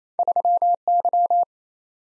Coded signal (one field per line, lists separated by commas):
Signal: Morse code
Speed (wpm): 28 wpm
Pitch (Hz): 700 Hz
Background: none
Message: 3Y